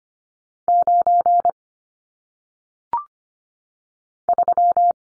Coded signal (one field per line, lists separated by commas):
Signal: Morse code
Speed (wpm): 25 wpm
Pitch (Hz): 700 Hz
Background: none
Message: 9 3